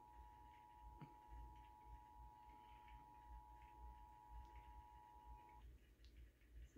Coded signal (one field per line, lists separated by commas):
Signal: Emergency Alert System (SAME) tones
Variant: 853 and 960 Hz attention tone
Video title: EAS Required Monthly Test 1/20/22